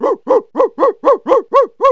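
Dog barking: eight sharp, rapid barks, about four a second, each a short arched yelp at a fairly high pitch, with no other clear sounds.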